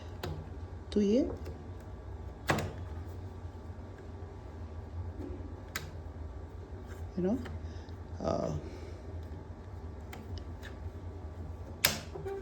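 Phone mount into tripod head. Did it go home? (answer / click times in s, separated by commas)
yes / 11.9 s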